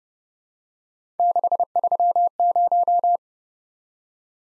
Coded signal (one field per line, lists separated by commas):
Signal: Morse code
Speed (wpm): 30 wpm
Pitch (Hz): 700 Hz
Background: none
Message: 630